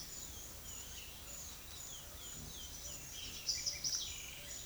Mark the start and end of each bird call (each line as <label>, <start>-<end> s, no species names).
bird call, 0.40-4.55 s